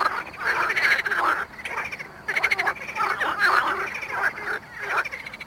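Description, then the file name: Marsh frog croaking, a chorus of rapid pulsed, rattling croaks overlapping in bursts with brief pauses, several frogs calling together. Mali lag, Botevgrad, Bulgaria. "Pelophylax ridibundus at Mali lag, Botevgrad, Bulgaria"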